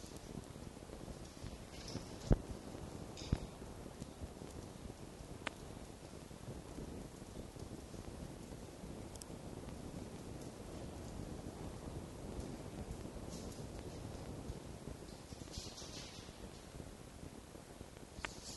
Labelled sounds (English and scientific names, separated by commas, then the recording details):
Red Fox (Vulpes vulpes)
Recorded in captivity
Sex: pair
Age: adult
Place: Zoologisches Institut der HUB, Berlin, DE
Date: 1955-03-09 13:20
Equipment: Elmetra
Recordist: Tembrock, Günter
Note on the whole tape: Jupp (folgt Fiffi): LMf (ohne Fleisch) und LBs; Fiffi: LKr (geschlossen). Achtung technische Probleme: Störimpulse